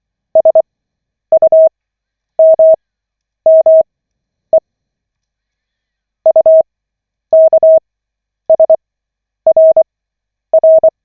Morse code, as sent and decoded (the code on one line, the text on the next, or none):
... ..- -- -- . / ..- -.- ... .-. .-.
SUMME UKSRR